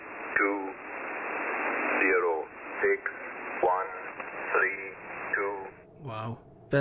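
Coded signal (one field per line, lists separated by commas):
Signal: numbers station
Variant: E06, English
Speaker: here's an example this is a clip from the nsric's recording of a station referred to in their listing as e06 the english man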